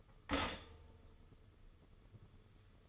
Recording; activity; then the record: daily activity, microphone in the room; stop toaster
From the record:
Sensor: 4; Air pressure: 995.3 hPa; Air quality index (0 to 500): 215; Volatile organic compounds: 250 ppm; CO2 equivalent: 4362 ppm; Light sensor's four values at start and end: 23/71/27/27 and 22/69/26/26